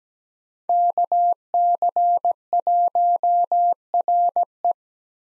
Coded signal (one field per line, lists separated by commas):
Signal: Morse code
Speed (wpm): 17 wpm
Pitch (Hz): 700 Hz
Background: none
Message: KC1RE